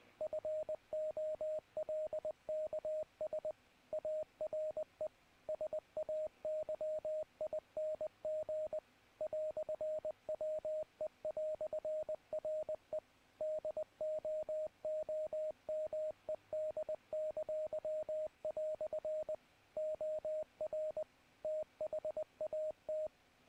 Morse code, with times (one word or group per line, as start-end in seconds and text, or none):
0.2-3.5 FOLKS
3.9-5.1 ARE
5.5-8.8 SAYING
9.2-13.0 "WE"RE
13.4-19.3 DOOMED!"
19.8-21.0 OR
21.4-23.1 THAT